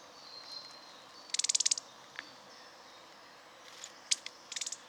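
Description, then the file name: Eurasian nuthatch giving a rapid burst of sharp high ticking notes, then scattered single notes and another short ticking run, with a faint thin tone behind. "Sitta europaea"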